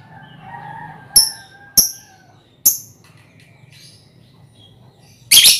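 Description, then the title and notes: Lovebird with a few sharp, high chirps, then a harsh, noisy burst at the end. Lovebird song in the style called ngekek, used as a lure song (kicau pancingan). "Master Kicau Lovebird ngekek, kicau pancingan"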